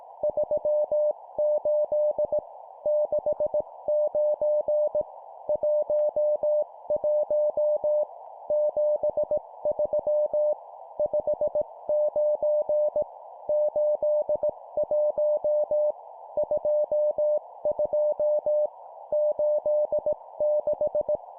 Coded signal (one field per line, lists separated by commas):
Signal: Morse code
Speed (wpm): 18 wpm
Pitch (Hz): 600 Hz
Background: none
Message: 38 69 11 73 59 81 22 86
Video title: 17wpm Two number words, morse code practice